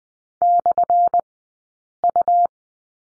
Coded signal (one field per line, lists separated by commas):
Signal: Morse code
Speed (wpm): 20 wpm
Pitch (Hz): 700 Hz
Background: none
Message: /U